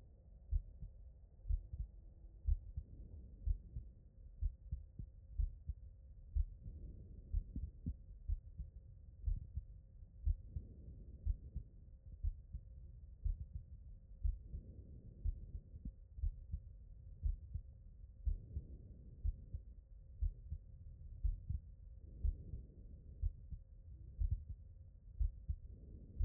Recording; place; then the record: heart sounds by stethoscope; pulmonary valve (PV)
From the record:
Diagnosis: non-HFrEF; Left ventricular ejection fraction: 58%